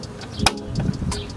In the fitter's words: all right so as you guys heard I was able to get it to click into place right here